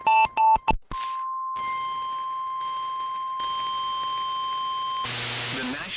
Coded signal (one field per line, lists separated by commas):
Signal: Emergency Alert System (SAME) tones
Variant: 1050 Hz attention tone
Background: speech, music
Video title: A GREAT RECORDING METHOD... (EAS Captures from 2026-6-10 to 2026-6-11) (EAS #10 - #29)